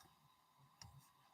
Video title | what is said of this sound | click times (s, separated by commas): Hump Day Sewing! Finishing two Twilight Travelers | there's a little satisfying click | 0.8 s